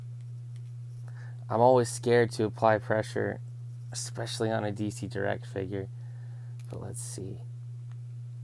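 Someone talks while pressing a plastic alternate head onto the neck peg of a DC Direct action figure, with a steady low hum underneath and a few faint handling clicks. Nothing has seated or clicked yet; the head is not yet home on the peg.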